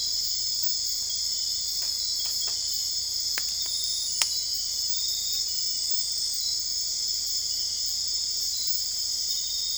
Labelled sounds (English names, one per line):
none